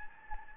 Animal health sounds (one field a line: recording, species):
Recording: mosquito wingbeat signal from an infrared sensor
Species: Anopheles gambiae